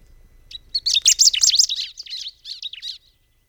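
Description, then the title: Bar-winged prinia song in one short, energetic burst of high twittering notes that fades out. "Ciblek Pro"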